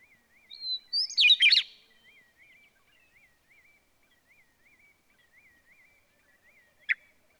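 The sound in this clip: Bird song: a short whistled and tangled phrase, then a soft call repeated steadily in the background and a single sharp chirp.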